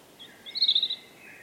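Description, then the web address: European robin song phrase: a short burst of bright, high trilled notes that flutter rapidly, with a faint thin whistle before and after. "Deverinetal 2025 File origin Bird Only Er Ru"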